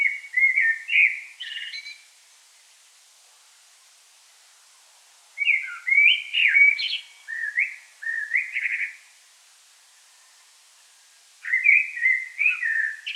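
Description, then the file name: Common blackbird delivering three flute-like warbling phrases separated by quiet gaps of a few seconds. "Turdus merula"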